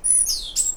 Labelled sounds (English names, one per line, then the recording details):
Stitchbird song
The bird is a male
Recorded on Tiritiri Matangi Island, New Zealand, in 2005
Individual 1, of nest box 1